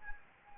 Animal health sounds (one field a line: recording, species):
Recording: mosquito wingbeat signal from an infrared sensor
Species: Anopheles gambiae